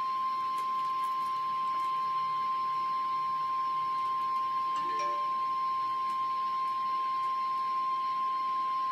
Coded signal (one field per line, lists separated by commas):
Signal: Emergency Alert System (SAME) tones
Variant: 1050 Hz attention tone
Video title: REAL EAS 902-Severe thunderstorm watch